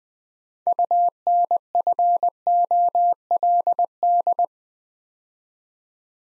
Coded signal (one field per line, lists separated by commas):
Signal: Morse code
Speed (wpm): 20 wpm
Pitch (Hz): 700 Hz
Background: none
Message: UNFOLD